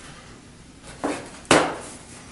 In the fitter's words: just start placing on as well can you hear some snaps that's a good sign so